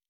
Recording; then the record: hydrophone in a shrimp aquaculture tank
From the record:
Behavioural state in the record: normal